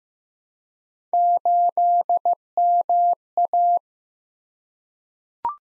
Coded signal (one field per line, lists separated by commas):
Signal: Morse code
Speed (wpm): 15 wpm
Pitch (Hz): 700 Hz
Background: none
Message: 8MA